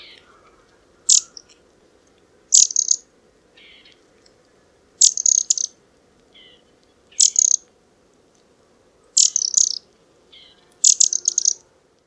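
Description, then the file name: Eurasian wren giving short, sharp ticking call bursts, high and scratchy, repeated about every two seconds, with softer lower notes between them and a faint steady low hum. "Troglodytes troglodytes"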